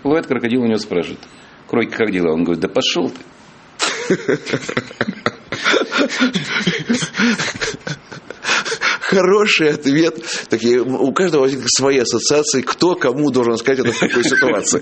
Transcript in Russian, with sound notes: Проплывает Крокодил, он у него спрашивает: «Как дела?» Он говорит: «Да пошел ты!» (все смеются)
Хороший ответ. У каждого есть свои ассоциации, кто кому должен сказать это в какой ситуации.